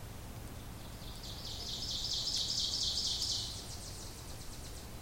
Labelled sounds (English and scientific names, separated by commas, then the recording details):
Ovenbird (Seiurus aurocapilla) song
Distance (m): 45 m
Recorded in boreal forest in Alberta, Canada, on 26 May 2016 at 07:20
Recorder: SongMeter 3, array SBT-3-15
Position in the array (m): 42 m, 252 m
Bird 20